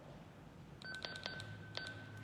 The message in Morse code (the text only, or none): none